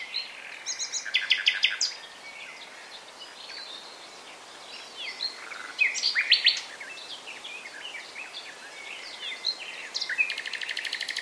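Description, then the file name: Common nightingale song with bursts of rapid repeated notes and chips, quieter spells, and a fast buzzy trill at the end. "Luscinia megarhynchos"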